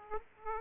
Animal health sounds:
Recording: mosquito wingbeat signal from an infrared sensor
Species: Aedes aegypti

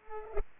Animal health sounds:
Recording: mosquito wingbeat signal from an infrared sensor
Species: Culex pipiens

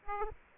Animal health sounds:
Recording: mosquito wingbeat signal from an infrared sensor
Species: Aedes aegypti

